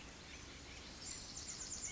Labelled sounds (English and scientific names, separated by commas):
Pacific Wren (Troglodytes pacificus)